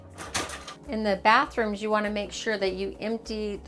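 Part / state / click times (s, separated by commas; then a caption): bathroom door onto its open-position catch in an RV / seated / 0.4 s. A master bathroom door in an RV is pushed into its open-position catch for travel, and it seats with a sharp click at 0.4 s. Someone talks through the rest of the clip.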